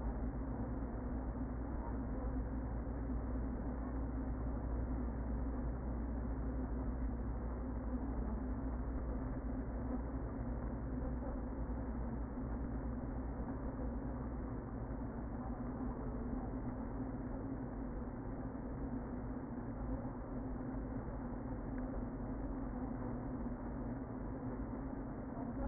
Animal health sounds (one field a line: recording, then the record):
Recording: honeybee colony, microphone inside the hive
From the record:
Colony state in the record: queen present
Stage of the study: before two queens were removed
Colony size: about 60,000 bees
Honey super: yes